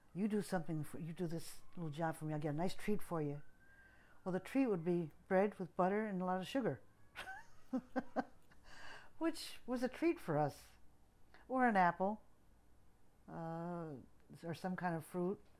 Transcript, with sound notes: you do something, you do this little job for me, I'll get a nice treat for you. Well, the treat would be bread with butter and a lot of sugar. ( she laughs ) Which was a treat for us. Or an apple. Uh, or some kind of fruit.